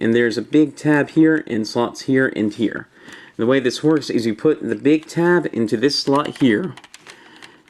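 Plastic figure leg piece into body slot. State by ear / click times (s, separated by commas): not seated / none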